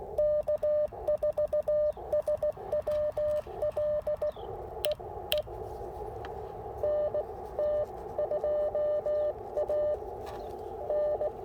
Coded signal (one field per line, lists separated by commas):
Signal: Morse code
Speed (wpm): 16 wpm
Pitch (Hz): 590 Hz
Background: radio noise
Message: K4SWL E E N T 2A N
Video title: POTA Activation: NC Transportation Museum with the IC-705 and CHA MPAS Lite